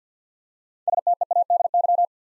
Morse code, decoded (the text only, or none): STEADY